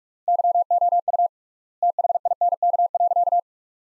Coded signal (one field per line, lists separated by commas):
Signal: Morse code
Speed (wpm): 45 wpm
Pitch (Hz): 700 Hz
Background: none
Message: YOU THINK.